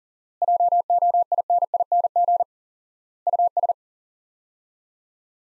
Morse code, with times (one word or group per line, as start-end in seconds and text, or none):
0.4-2.4 JOINING
3.3-3.7 US